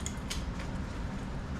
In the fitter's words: there it's snapped in place and there that's my tongue